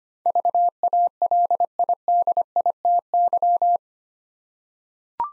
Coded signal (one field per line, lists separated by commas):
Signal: Morse code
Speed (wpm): 25 wpm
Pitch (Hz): 700 Hz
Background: none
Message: VALIDITY